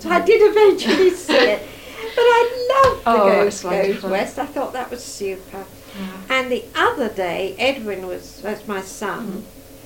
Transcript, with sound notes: So I did eventually see it. [laughs] But I loved--
Aw, that's lovely.
I thought that was super.
Mhm.
And the other day, Edwin was, that's my son--
Mhm.